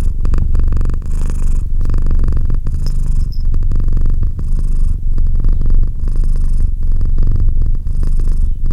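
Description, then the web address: Domestic cat purring steadily, rumbling low drone with recurring breathy swells. "Cat Purr 201308 Cat purr"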